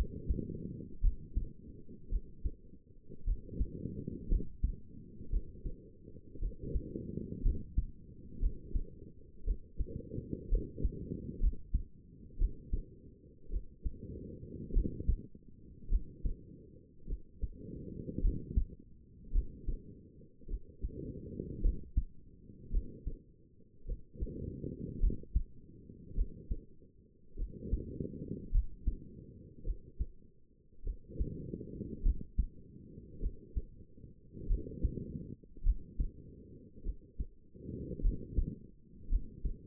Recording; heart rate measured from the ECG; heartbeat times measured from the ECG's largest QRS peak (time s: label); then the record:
heart sounds by stethoscope; 54 bpm
1.02 s: heartbeat
2.10 s: heartbeat
3.25 s: heartbeat
4.29 s: heartbeat
5.31 s: heartbeat
6.40 s: heartbeat
7.43 s: heartbeat
8.40 s: heartbeat
9.45 s: heartbeat
10.50 s: heartbeat
11.41 s: heartbeat
12.39 s: heartbeat
13.51 s: heartbeat
14.74 s: heartbeat
15.90 s: heartbeat
17.07 s: heartbeat
18.22 s: heartbeat
19.33 s: heartbeat
20.48 s: heartbeat
21.62 s: heartbeat
22.71 s: heartbeat
23.86 s: heartbeat
25.01 s: heartbeat
26.15 s: heartbeat
27.37 s: heartbeat
28.52 s: heartbeat
29.64 s: heartbeat
30.84 s: heartbeat
32.03 s: heartbeat
33.20 s: heartbeat
34.48 s: heartbeat
35.64 s: heartbeat
36.83 s: heartbeat
38.02 s: heartbeat
39.10 s: heartbeat
From the record:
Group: healthy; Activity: rest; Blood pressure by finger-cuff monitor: 101/62 mmHg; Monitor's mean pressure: 75 mmHg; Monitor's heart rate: 52 bpm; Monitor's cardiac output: 4.8 L/min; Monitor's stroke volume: 91 mL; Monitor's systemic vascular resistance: 1120 dyn s/cm5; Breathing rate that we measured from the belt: 18 breaths a minute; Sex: female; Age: 28 years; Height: 170 cm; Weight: 77 kg